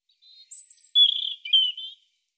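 European robin singing one short phrase: thin high whistles leading into a brighter, fluttering warble.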